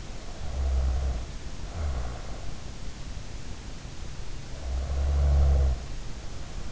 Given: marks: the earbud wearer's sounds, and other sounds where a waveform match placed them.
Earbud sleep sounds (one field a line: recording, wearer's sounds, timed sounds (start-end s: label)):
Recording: sounds in sleep by an in-ear microphone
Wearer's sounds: snoring breath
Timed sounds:
0.10-2.67 s: snoring breath
4.44-6.72 s: snoring breath